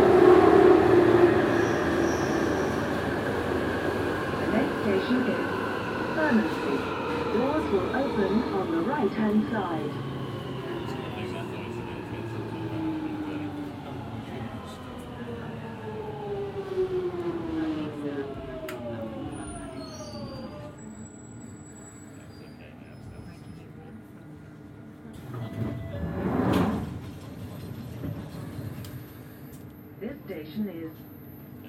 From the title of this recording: London Underground Tube Train Journey on the Jubilee Line